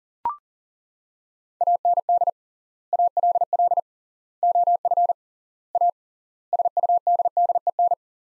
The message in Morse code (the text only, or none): AND ALL OF A SUDDEN